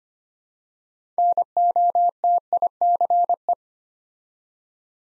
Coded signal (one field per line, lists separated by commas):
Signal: Morse code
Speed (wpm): 25 wpm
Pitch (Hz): 700 Hz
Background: none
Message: NOTICE